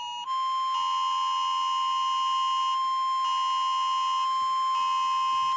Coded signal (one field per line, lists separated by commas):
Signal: Emergency Alert System (SAME) tones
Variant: 1050 Hz attention tone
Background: music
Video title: African eas alarms